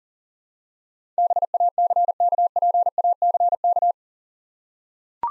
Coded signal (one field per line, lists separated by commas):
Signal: Morse code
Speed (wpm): 42 wpm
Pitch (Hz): 700 Hz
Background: none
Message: BACKPACK